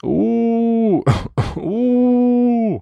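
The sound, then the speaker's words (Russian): A woman's voice, peeking out of a wardrobe in a dark bedroom before dawn, quietly clears her throat and lets out a creaky, wailing howl, a long sustained moan that bends in pitch, broken in the middle by two short raspy, breathy bursts before the howl resumes and fades. “Ненавидя себя, она чуть высунулась наружу, тихо откашлялась и скрипуче провыла.”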